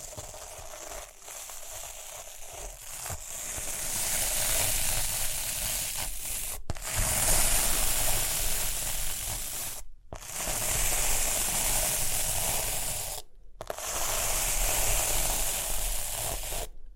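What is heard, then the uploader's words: Rhinestones are brushed and scratched in a dense, crackling hiss that starts quieter, grows fuller, and breaks off briefly at three moments. Rhinestone Tapping, Scratching, Brushing.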